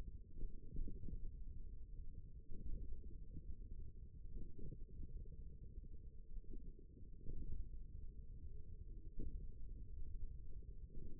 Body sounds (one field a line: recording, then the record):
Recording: forearm muscle sounds (acoustic myography)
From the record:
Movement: hand opening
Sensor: system 1, eight BSWA MPA416 microphones around the upper forearm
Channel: 3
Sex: male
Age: 54 years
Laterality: right